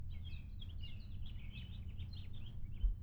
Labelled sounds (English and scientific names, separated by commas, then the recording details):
House Finch (Haemorhous mexicanus) song
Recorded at Valley Stream on Long Island, New York, on 17 June 1975
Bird AC